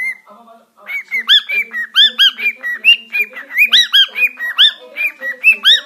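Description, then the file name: Cockatiel calls: a steady, rapid string of arched, whistled chirps, growing louder after a soft start. "sultan papagan"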